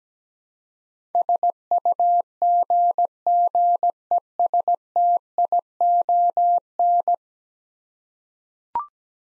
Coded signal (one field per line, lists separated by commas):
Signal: Morse code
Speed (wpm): 17 wpm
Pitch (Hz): 700 Hz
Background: none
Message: SUGGESTION